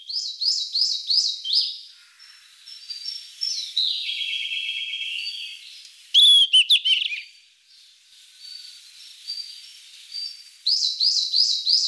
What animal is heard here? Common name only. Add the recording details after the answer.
Yellow-rumped Flycatcher. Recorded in the wild. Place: Kedrojawa Pad-Nationalpark, RU. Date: 1994-06-10. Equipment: Dat-Recorder Casio DA 7, Telinga DAT, Telinga-Parabolspiegel. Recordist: Schwarz, Dieter. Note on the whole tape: Song